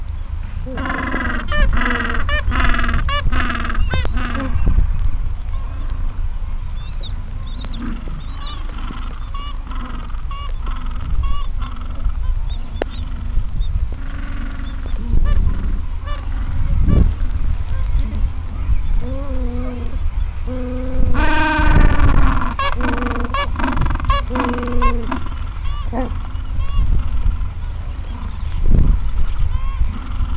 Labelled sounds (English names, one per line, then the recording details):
Gentoo Penguin
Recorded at the colony at Gold Harbour, on 26 December 2014
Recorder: Song Meter SM2+